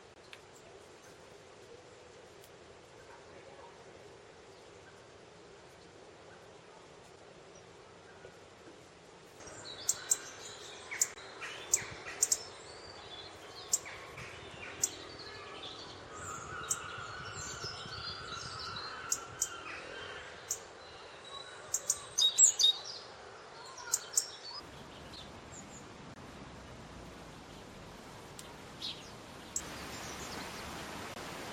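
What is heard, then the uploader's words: Robins chirp in quick, bright bursts that begin about ten seconds in, after a stretch of steady low hum with no birds. The calls come irregularly, busiest around the twenty-second mark, over soft background hiss. Robin Birds Chirping.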